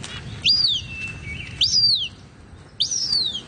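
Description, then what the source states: Cooper's hawk call: three shrill squealing notes that rise sharply and then slide down, spaced about a second apart, over a soft hiss of background noise. Played from a bird identification phone app.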